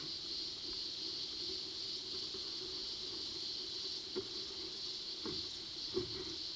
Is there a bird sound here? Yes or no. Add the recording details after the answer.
no. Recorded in pastures near Puerto Asís, Putumayo, Colombia, on 21 February 2024 at 13:00. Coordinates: 0.497, -76.327. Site G7276